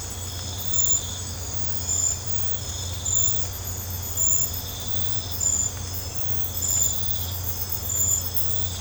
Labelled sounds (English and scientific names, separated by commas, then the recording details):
none
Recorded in pastures near Puerto Asís, Putumayo, Colombia, on 15 December 2024 at 03:00
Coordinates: 0.502, -76.324
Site G077